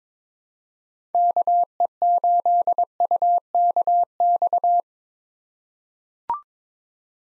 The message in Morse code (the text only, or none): KE8UKX